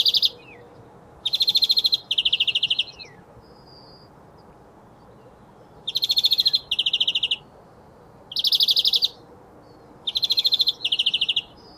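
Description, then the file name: European greenfinch trilling in bursts: dense, buzzy rattles in several separate phrases, the gaps filled by a faint thin note and low hiss. "Chloris chloris"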